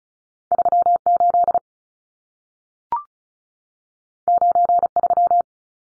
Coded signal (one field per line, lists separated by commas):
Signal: Morse code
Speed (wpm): 36 wpm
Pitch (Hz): 700 Hz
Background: none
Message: 38 93